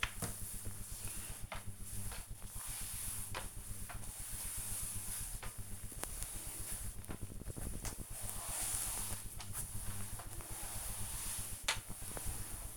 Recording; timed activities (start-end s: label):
household activities, microphone on the right wrist
0.00-12.77 s: floor cleaning